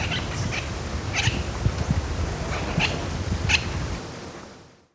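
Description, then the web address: Spot-winged parrotlet giving short, sharp chirps, scattered over a low rumbling background. Ecuador. "S America Birds of Ecuador. Spot-Winged Parrotlet"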